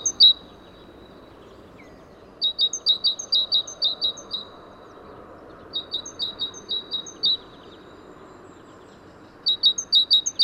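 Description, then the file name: Great tit song, bright two-note phrases repeated in several short bursts with pauses between, over low rumbling background noise. "Parus major"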